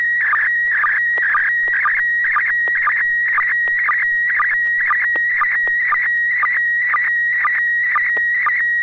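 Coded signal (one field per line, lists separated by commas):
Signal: SSTV (slow-scan television)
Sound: warbling tone near 1.9 kHz with rhythmic low chirps about twice a second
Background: low hum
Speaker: right I'll go ahead and transmit when you're ready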